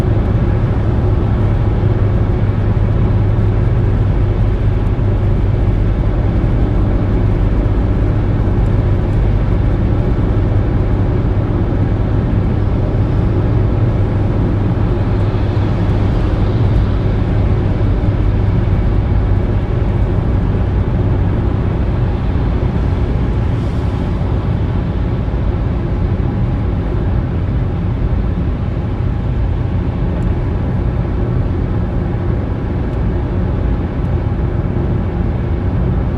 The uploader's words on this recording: Driving Polo. Relaxing driving sound, driving a small car.